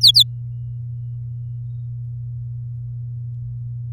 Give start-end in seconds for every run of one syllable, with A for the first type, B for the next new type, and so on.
0.01-0.23 A